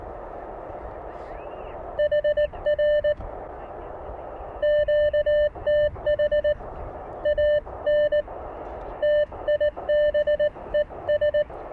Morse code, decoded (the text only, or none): HR QTH ANTIBES